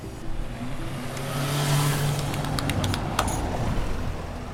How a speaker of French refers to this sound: Ah, il y a un taxi.